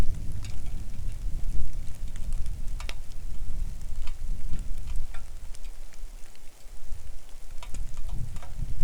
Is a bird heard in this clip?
no